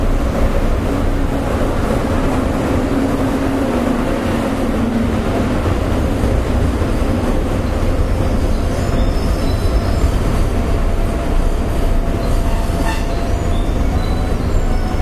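Running sound recorded inside a commuter electric train: a steady, dense low rumble and rattle of wheels on track fills the whole stretch. A faint whining tone hums through it, and a brief higher squeal or clatter stands out near the twelve-second mark.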